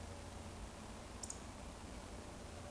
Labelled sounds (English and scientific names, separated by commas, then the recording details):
Eurasian Woodcock (Scolopax rusticola) whistle
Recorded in Baden-Württemberg, Germany, on 24 June 2020 at 19:57 UTC
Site 14569, 102 m above sea level